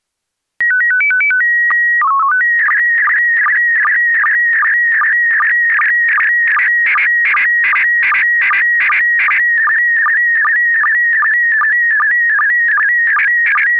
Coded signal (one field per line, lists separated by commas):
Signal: SSTV (slow-scan television)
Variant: PD 50